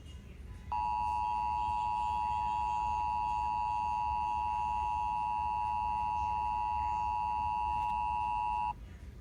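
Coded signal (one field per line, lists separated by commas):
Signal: Emergency Alert System (SAME) tones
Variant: 853 and 960 Hz attention tone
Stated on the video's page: Mock EAS test.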